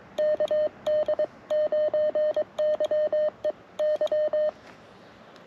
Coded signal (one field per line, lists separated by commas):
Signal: Morse code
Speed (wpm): 22 wpm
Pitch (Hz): 590 Hz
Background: none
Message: KD9YEY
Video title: Hopeful Hearts and Broken Parts: A Failed CW Activation